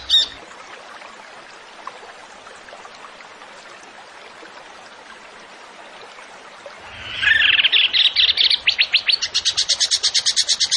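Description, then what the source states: Bird song: after a long quiet stretch of faint hiss, a buzzy warble begins and speeds into fast, sharp repeated notes near the end. Songbird singing actively (gacor) in 'tembakan' style, for training songbirds (masteran).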